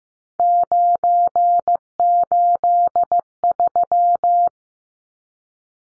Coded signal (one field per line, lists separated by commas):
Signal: Morse code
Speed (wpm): 15 wpm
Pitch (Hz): 700 Hz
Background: none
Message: 983